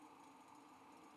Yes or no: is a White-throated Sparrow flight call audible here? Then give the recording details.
no. No flight call is heard. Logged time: 05:53 on 5 December 2014